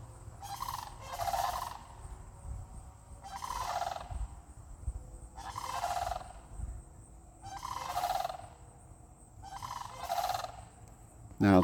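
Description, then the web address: Crane calls in paired trumpeting notes repeated about every two seconds, with a faint low background rumble and a brief click at the very end. Cranes at Bauer Road. "the cranes of bauer road"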